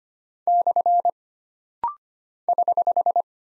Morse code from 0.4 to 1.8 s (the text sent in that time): /